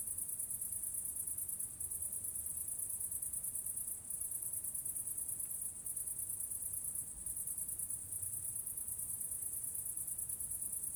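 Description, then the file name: Crickets trilling in a continuous very high-pitched shimmering band, with brief dips every couple of seconds over a faint low hum. Crickets recorded near a church. "grillons nve eglise"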